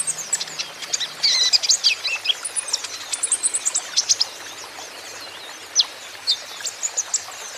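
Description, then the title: Van Hasselt's sunbird song: dense run of thin, high chirps and short sweeps, busiest in the first four seconds, then sparser scattered notes. Green-plumaged (ijoan) konin singing steadily and constantly (gacor), used as a lure and therapy for untrained konin, which are sure to answer. "KOLIBRI NINJA KONIN IJOAN GACOR COCOK UNTUK PANCINGAN TERAPI KONIN BAHAN PASTI NYAUT"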